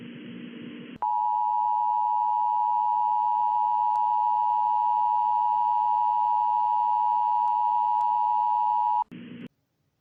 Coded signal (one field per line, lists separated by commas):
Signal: Emergency Alert System (SAME) tones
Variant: 853 and 960 Hz attention tone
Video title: (Creepypasta) Emergency Alert System